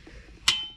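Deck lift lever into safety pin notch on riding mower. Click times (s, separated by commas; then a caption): 0.5 s. On a riding mower, the deck lift lever is cranked up until it drops into the safety pin notch. A quiet stretch with faint low rumble gives way to a single sharp metallic click at 0.5 s, followed by a ringing tone that fades over the next quarter second. The lever is seated in the safety pin.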